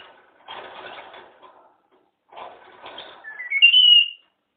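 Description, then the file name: Red-fronted parrot giving two bursts of harsh, raspy chatter, then a clear whistled note that steps upward and ends in a bright, sustained high tone. Pet parrot. "kongolezskii popugai liza"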